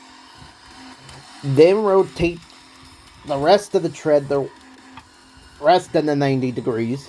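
Someone talks while the tread section of a plastic transforming robot toy is rotated the rest of the 90 degrees toward its ratchet joint. The clip ends before the joint pops into its locked position, so nothing has seated or clicked yet.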